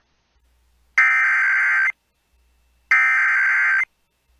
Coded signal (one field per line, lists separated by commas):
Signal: Emergency Alert System (SAME) tones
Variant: header bursts